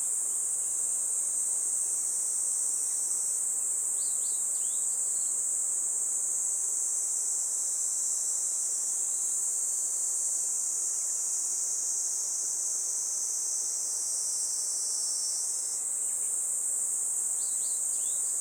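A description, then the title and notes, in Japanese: Cicadas drone in a forest by a river, a dense, steady, high-pitched buzz that fills the whole clip, with a slight drop in pitch partway through before rising again. Brief bird chirps break through faintly around five seconds and near the end. 多摩川の森へ行くとニイニイゼミが鳴き始めました。他の虫や鳥たちもこれまで通り鳴いているのですが、セミの鳴き声は存在感抜群。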